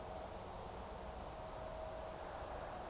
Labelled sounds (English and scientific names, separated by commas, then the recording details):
Eurasian Woodcock (Scolopax rusticola) whistle
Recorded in Baden-Württemberg, Germany, on 15 June 2020 at 02:26 UTC
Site 43791, 788 m above sea level